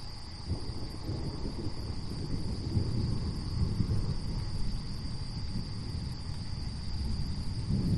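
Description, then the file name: Insects droning in a steady high-pitched chorus under continuous low, rumbling wind noise that swells and fades. Night recording as a thunderstorm approaches. "zapsplat nature thunderstorm approach insects"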